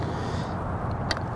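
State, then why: Seated. A TruPoint 300 laser rangefinder is hand-tightened onto the quarter-20 mount of an LA 300 angle encoder over a steady low background rumble. Two sharp clicks sound at 1.1 s and 1.2 s as the units lock together, and the rangefinder is seated on the mount.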